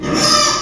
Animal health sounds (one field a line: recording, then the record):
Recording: squeal of a Yucatan mini pig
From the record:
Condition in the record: before surgery on the right vocal fold (resection and tissue-engineered implant)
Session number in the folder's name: 1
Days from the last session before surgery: -3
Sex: male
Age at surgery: 12 weeks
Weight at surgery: 13 kg